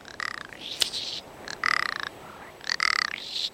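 Rock Ptarmigan giving loud grating croaks in several bursts, some rattled, with a sharp click between them.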